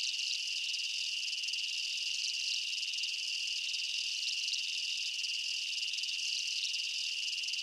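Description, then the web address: Dense insect chirping, a steady piercing tone beneath wavering buzzy trills that swell slightly now and then. Night ambience in a jungle, insects and bugs chirping. "Blastwave INSECTS Amb Night Jungle BU. ambience insects chirps night jungle bugs"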